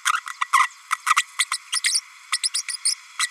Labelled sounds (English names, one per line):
Green-rumped Parrotlet babbling